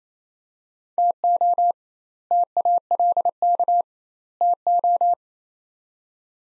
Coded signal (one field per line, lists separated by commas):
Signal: Morse code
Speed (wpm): 28 wpm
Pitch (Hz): 700 Hz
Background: none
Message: TO TALK TO